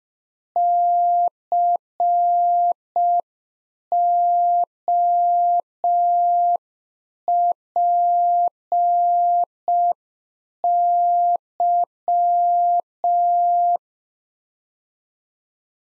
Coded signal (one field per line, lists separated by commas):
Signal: Morse code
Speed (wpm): 5 wpm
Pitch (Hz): 700 Hz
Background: none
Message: COPY